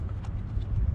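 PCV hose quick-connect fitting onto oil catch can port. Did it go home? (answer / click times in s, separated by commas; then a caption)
no / none. A PCV hose quick-connect fitting, its release tab facing upward, is being handled and pushed toward the oil separator (catch can) port of a J&L 3059P oil separator on the 2.3L engine of a 2025-2026 Ford Bronco or Ford Ranger. Only a steady low rumble and faint handling noises are heard, with a small tap at 0.1 s. Nothing has seated or clicked yet.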